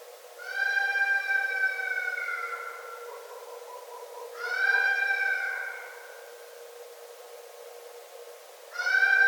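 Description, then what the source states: Red fox with repeated prolonged, harmonic, slightly falling cries, separated by quiet gaps in which a soft, rapid pulsing is faintly heard. Recorded on 9 December 2011.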